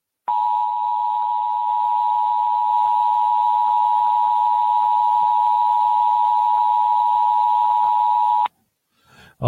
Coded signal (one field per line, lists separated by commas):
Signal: Emergency Alert System (SAME) tones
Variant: 853 and 960 Hz attention tone